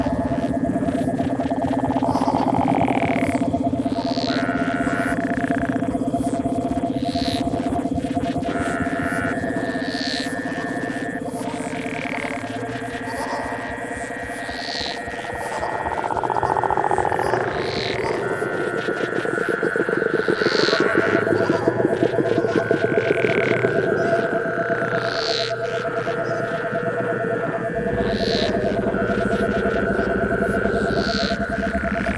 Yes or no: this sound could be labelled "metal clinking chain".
no